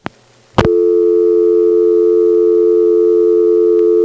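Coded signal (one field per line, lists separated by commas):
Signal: telephone call progress tone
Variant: North America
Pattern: dial tone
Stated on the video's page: Step-by-step central office switching with directors, March 1977.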